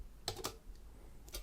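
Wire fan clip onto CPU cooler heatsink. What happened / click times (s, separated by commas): The wire fan clip snapped onto the heatsink / 0.3 s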